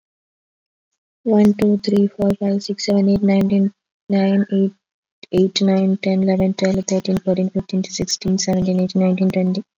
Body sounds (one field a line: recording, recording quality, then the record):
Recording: counting at a fast pace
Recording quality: excellent, no background noise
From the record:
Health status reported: exposed to COVID-19, no respiratory illness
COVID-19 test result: not tested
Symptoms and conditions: cough, breathing difficulty, fever, fatigue, muscle pain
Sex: female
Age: 25 years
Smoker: not ticked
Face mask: not worn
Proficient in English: yes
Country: India